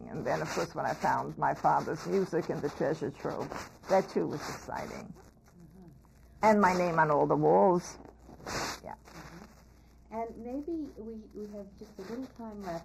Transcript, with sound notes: Then, of course, when I found my father's music in the Treasure Trove, that, too, was exciting. [crackling again]
Uh-hmm.
And my name on all the walls, yeah.
Uh-hmm, and maybe — we — we have just a little time left.